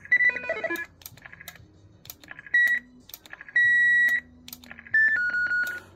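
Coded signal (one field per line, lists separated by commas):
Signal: roger beep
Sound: a series of short steady beeps around 2 kHz, some stepping lower, between button clicks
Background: button clicks, low hum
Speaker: Fait que là ça c'était la démonstration des Roger Bip.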